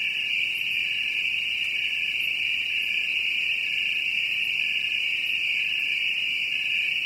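Cricket song, an unbroken high ringing trill with evenly spaced faint pulses, steady from start to finish.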